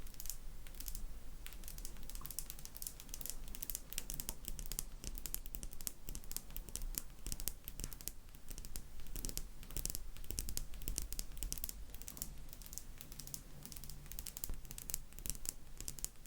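Tapping runs throughout as a dense, fast stream of sharp clicks, uneven in rhythm like fingertips or keys being struck. The level stays fairly steady for the whole stretch, with a low hum and some crinkly texture underneath.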